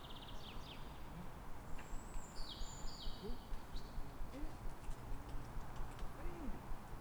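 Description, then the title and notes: Birds sing high whistled notes and short chirps over a steady traffic roar. Calm morning in Fresnes, Ile de France, France, 3 May; background noise of the ring road. "Matin calme avec oiseaux. Fresnes, Ile de France."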